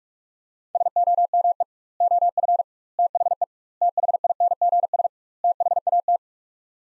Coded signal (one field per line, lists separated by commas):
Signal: Morse code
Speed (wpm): 46 wpm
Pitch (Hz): 700 Hz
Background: none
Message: SOME OF THE THINGS THAT